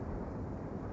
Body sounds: background sound without coughing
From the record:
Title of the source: Train Ride Ambience ambient white noise for sleeping, focus, studying, reading

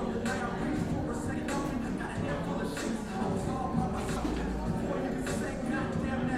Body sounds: background sound without coughing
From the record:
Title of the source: 60 minutes of coffee shop sounds for study and concentration

